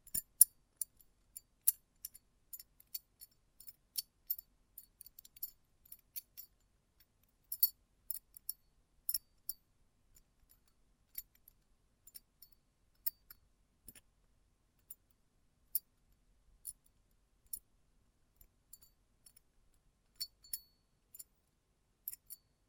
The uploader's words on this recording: ASMR Close Up Metallic Sounds (No Talking).